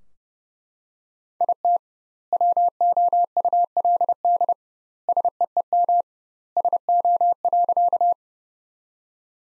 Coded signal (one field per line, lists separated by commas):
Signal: Morse code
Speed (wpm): 28 wpm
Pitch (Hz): 700 Hz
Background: none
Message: IT WOULD SEEM SO.